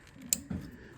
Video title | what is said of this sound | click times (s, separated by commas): Scion XB Spark Plugs Replacement How-To | and then you'll hear it click | 0.3 s